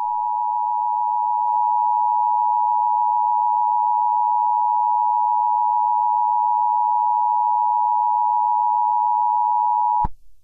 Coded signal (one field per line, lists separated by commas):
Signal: Emergency Alert System (SAME) tones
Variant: 853 and 960 Hz attention tone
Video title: EAS Scenarios #1 - BlazeFN